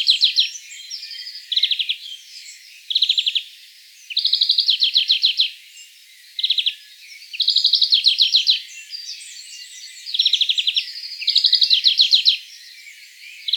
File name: Chloris chloris